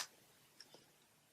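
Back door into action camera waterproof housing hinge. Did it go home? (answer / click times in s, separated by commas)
yes / 0.6 s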